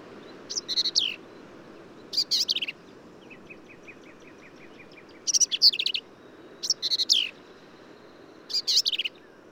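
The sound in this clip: Black-capped vireo song: brief, harsh, chattering phrases spaced a second or more apart, with a faint series of soft ticking notes in one pause.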